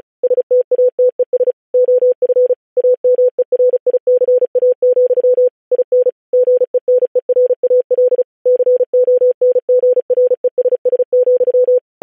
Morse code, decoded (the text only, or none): STATES OF AMERICA, IN GENERAL CONGRESS,